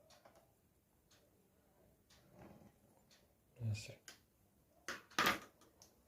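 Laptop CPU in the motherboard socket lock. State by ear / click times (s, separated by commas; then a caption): seated / 5.2 s. Someone talks while a screwdriver turns the screw lock on the CPU socket of a Dell Vostro 500 laptop motherboard, after the CPU has dropped into the socket without any pressure. A few faint taps lead to a sharp click at 5.2 s as the lock clamps the CPU, and it is then confirmed locked so the CPU will not come out.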